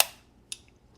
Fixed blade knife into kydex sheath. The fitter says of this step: snapped right in